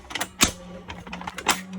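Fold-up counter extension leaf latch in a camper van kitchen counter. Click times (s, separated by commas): 0.1 s, 0.2 s, 0.4 s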